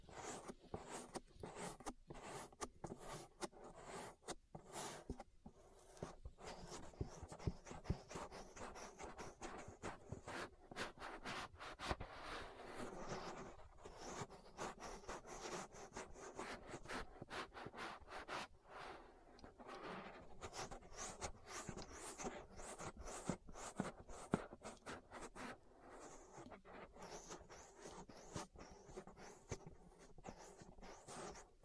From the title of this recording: ASMR Relaxing Ear Massage